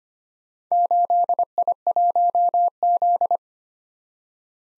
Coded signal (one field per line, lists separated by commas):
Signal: Morse code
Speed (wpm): 25 wpm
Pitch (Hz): 700 Hz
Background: none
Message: 8I1Z